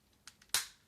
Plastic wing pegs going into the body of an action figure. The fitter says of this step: bottom they'll click in so those do click in quite nicely